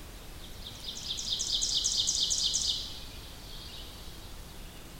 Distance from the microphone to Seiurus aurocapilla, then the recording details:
about 40 m. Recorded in boreal forest in Alberta, Canada, on 2 June 2016 at 07:13. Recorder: SongMeter 3, array SBT-3-7. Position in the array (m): 44 m, 158 m. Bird 4